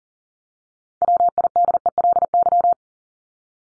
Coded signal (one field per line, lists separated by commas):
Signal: Morse code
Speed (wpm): 40 wpm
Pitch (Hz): 700 Hz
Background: none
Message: WIDELY